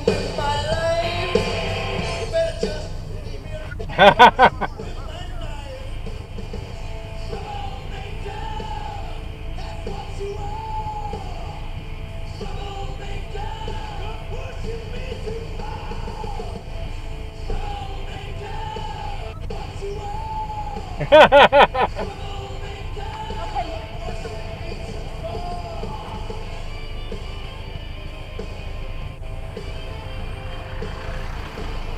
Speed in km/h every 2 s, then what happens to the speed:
0, 0, 0, 0, 0, 0, 0, 0, 0, 0, 0, 0, 0, 0, 0, 0.
0-32 standing.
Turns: none.